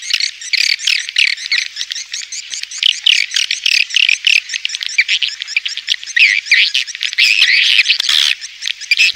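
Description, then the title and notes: Swiftlets chirping in a dense chorus of high, buzzy twittering notes that overlap in rapid pulses. Swiftlet farming sound, Asia. "Swiflet Bird Sound. Farming Swiflet Bird asia sound"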